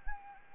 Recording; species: mosquito wingbeat signal from an infrared sensor; Anopheles arabiensis